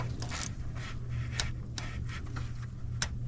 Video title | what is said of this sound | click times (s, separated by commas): Oil Cooler, Turbo & intake Manifolds installation On a Sprinter Van - Part 4 | I hope you can hear the torque wrench click | 3.0 s